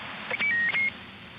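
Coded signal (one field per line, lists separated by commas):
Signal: roger beep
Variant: CB radio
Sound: brief chirpy multi-step beep around 2 kHz with clicks, then hiss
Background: radio static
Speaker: man, your Roger beeps are almost unintelligible. You can definitely tell. I bet you're down to like 10 volts or something in that battery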